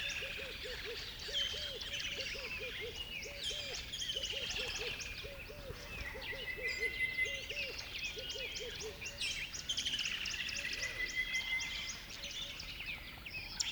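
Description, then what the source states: Birds in a dense dawn chorus of high chirps and trills, over a low hooting note repeated rapidly in bursts through much. Birds on a river bed at dawn.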